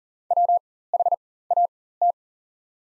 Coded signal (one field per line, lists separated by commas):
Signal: Morse code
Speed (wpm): 37 wpm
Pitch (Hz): 700 Hz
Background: none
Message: WHAT